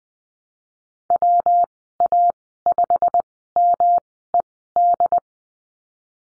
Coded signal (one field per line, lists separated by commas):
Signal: Morse code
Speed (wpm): 20 wpm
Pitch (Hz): 700 Hz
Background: none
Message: WA5MED